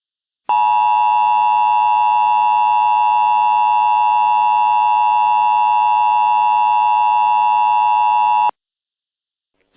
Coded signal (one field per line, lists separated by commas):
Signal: Emergency Alert System (SAME) tones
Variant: 853 and 960 Hz attention tone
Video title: EAS Mock Up #11 - Terror in Titletown